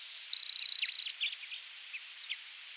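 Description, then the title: Grassland sparrow song: a short high note, then a dry insect-like buzzy trill of rapid pulses lasting under a second, followed by faint scattered chirps. "LuckyPassaro Completos2Sama. Grassland Sparrow (Ammodramus humeralis)"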